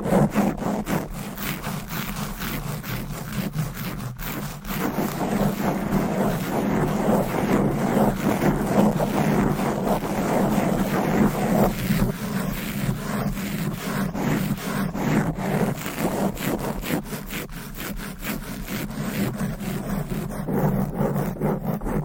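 Fast, aggressive scratching and rubbing on a microphone runs without a break for the whole stretch, a dense rasping texture like sawing with a heavy low rumble underneath. Quick strokes blur together at a steady loudness, with brief sharper scrapes scattered throughout.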